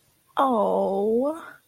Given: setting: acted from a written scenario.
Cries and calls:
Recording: vocal sound without words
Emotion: adoration

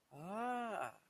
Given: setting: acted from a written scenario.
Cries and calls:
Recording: vocal sound without words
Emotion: desire

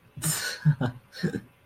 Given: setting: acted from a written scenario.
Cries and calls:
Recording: vocal sound without words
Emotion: amusement

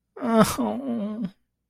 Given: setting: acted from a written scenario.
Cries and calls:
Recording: vocal sound without words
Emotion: sadness

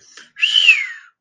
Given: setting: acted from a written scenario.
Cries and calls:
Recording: vocal sound without words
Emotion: relief

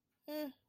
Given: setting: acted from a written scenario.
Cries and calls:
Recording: vocal sound without words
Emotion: neutral

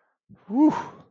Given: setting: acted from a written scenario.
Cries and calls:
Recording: vocal sound without words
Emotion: relief

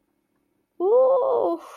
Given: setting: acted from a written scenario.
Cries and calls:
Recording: vocal sound without words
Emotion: serenity

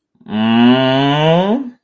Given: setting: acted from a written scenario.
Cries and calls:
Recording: vocal sound without words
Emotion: romantic love

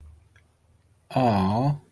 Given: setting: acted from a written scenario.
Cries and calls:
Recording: vocal sound without words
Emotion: adoration

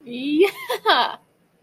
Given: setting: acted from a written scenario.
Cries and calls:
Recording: vocal sound without words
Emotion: triumph

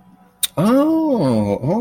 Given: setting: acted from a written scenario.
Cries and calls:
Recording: vocal sound without words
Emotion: realization

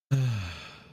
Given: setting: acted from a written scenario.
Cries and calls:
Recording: vocal sound without words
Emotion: serenity

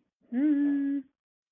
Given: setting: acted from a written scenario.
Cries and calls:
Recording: vocal sound without words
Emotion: desire

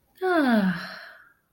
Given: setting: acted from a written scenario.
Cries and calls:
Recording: vocal sound without words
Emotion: contentment

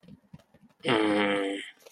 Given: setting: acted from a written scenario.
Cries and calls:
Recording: vocal sound without words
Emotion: desire

